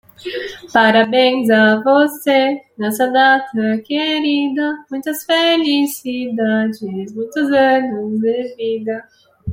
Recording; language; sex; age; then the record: short text; Brazilian Portuguese; female; 20 to 29 years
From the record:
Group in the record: control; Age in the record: 21 years